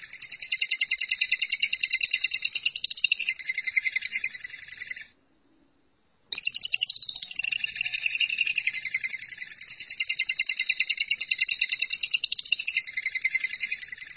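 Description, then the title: Lovebird song: long stretches of fast, buzzy, pulsing chatter broken by a silent gap of about a second before the twittering resumes. "BM Suara Burung Lovebird"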